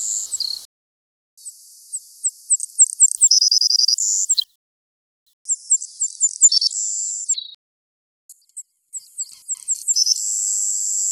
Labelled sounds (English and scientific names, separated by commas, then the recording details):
Savannah Sparrow (Passerculus sandwichensis) song
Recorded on Kent Island, New Brunswick, in 2004